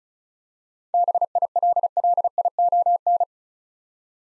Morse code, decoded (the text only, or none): BILLION